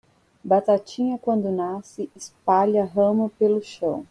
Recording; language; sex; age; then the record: short text; Brazilian Portuguese; female; 40 to 49 years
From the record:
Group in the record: control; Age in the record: 45 years